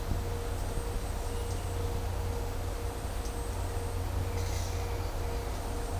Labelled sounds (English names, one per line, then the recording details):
none
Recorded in dense forest near Puerto Asís, Putumayo, Colombia, on 22 December 2024 at 10:00
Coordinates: 0.503, -76.323
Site G043